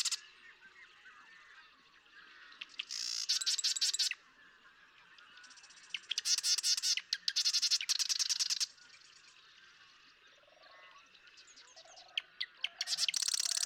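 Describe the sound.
Marsh Wren songs: several harsh, rapid rattles with stuttering clicks, some running close together.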